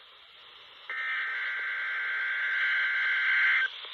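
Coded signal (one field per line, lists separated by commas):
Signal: Emergency Alert System (SAME) tones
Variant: header bursts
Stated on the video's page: Required weekly tests from NOAA weather radio stations.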